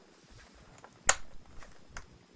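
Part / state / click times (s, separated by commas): compressor power cord into its storage slot on the compressor housing / seated / 1.1 s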